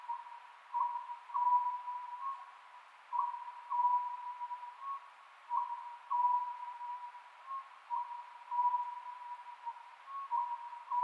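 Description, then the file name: Oriental scops owl giving paired hoots, phrases about two and a half seconds apart, accompanied by a persistent hum. Recorded 27 May 2010 at 22:21. "konohazuku-20100527-2221"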